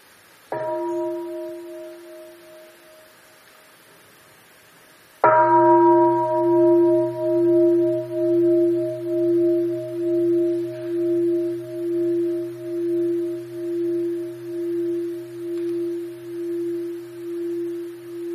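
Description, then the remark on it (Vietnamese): A meditation bell is struck twice, a soft tap followed by a fuller strike, its clear low tone ringing on with a slow, pulsing shimmer as it fades gently. “Nó làm cho cái chuông không có đau, nó giúp cho cái tiếng chuông như là một con chim bồ câu từ lòng chuông bay lên rất là nhẹ nhàng.”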